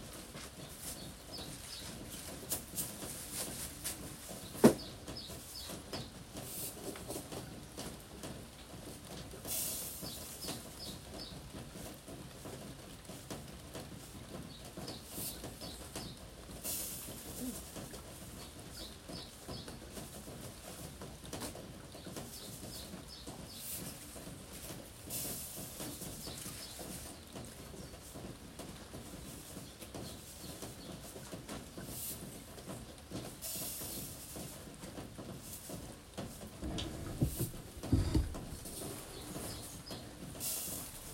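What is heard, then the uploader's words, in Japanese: Vegetables are being readied for shipping under the eaves of a front entrance, with soft handling noises over a steady low rumble. Birds chirp in brief high bursts every several seconds, a sharp click comes near five seconds, and a louder thud lands around thirty-eight seconds. 玄関の軒下で、収穫してきた野菜たちの出荷準備をしています。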